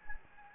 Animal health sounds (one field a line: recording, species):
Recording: mosquito wingbeat signal from an infrared sensor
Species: Anopheles gambiae